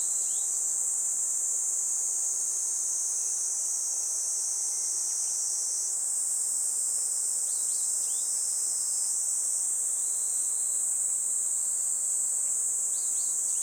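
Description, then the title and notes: Kaempfer cicada song, a steady high shrill buzz held without a break throughout, with short sharp bird chirps scattered over it. Chorus of Kaempfer cicadas that had just begun singing in a forest by the Tama River in summer, with birds also singing. "多摩川の森、ニイニイゼミたちの合唱"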